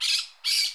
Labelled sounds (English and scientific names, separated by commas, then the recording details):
Brown-throated Parakeet (Eupsittula pertinax) contact call
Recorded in Curacao
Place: Hoffi Jan Thiel
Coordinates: 12.094, -68.877